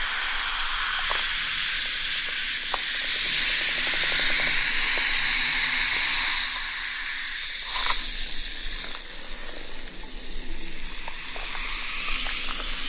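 Sparkling soda water fizzes with a steady bright hiss, scattered tiny pops throughout, and a brief louder surge of fizz near eight seconds.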